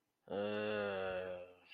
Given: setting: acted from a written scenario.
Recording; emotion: vocal sound without words; negative surprise